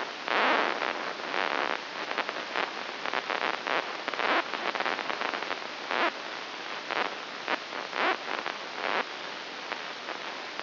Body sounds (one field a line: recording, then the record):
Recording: brain microelectrode recording played as sound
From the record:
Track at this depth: inside the subthalamic nucleus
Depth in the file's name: 2.804 mm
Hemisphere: right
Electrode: 3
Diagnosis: Parkinson's disease